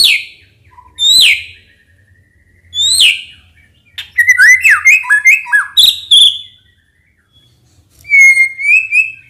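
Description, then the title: White-rumped shama giving a few sharp descending whistled notes with pauses, then a fast burst of jumbled whistles and a short warbled phrase. Lure sound meant to make birds respond. "PANCINGAN MURAI BATU GACOR LANGSUNG RESPON"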